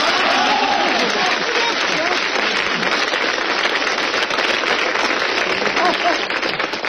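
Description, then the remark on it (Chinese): A crowd at a combined company meeting and drinking banquet in a hotel applauds steadily for about seven seconds, a dense, even patter of many hands clapping at once that holds at a constant level without building or fading. “这个掌声不太热烈呀。”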